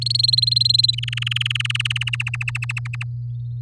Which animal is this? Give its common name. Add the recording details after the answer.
Domestic Canary. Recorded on 6 May 2018 at 08:18. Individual llb16